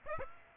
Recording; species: mosquito wingbeat signal from an infrared sensor; Aedes aegypti